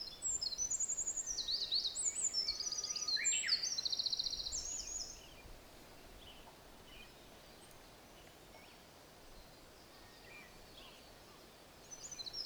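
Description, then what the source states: Olive-backed Pipit song: about five seconds of high, buzzy trills and quick twitters in varied short phrases, then a long quiet stretch with a few faint notes, and song starting again at the very end. Also called Indian Tree Pipit; recorded at Mt Hinoki.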